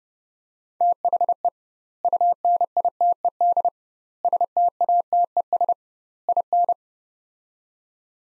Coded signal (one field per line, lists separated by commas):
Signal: Morse code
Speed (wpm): 32 wpm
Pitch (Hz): 700 Hz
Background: none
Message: THE UNITED STATES IN